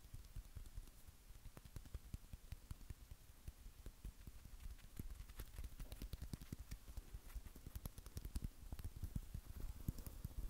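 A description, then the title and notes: Hand sounds make a dense, irregular patter of small taps and crackles, much like rain on a surface. Soft low thumps sit under sharper clicks, and the activity runs steadily for the whole ten seconds, growing a little busier toward the end. Hand Sounds.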